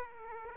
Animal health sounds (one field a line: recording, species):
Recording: mosquito wingbeat signal from an infrared sensor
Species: Aedes aegypti